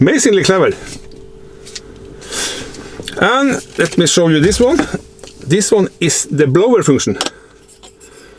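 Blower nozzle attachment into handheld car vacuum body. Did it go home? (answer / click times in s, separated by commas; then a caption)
no / none. Someone talks while handling a plastic blower nozzle attachment for a handheld car vacuum body, with brief sharp knocks at about 1.1, 1.8 and 3.1 seconds. The attachment is meant to be inserted and twisted until it clicks in, but nothing has seated or clicked yet.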